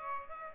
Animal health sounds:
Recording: mosquito wingbeat signal from an infrared sensor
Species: Aedes aegypti

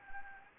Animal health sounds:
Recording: mosquito wingbeat signal from an infrared sensor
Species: Anopheles gambiae

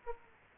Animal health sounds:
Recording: mosquito wingbeat signal from an infrared sensor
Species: Aedes aegypti

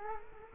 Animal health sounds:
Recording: mosquito wingbeat signal from an infrared sensor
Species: Culex quinquefasciatus

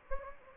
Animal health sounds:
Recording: mosquito wingbeat signal from an infrared sensor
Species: Anopheles gambiae

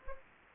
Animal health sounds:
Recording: mosquito wingbeat signal from an infrared sensor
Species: Anopheles gambiae

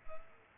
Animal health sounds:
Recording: mosquito wingbeat signal from an infrared sensor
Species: Culex quinquefasciatus

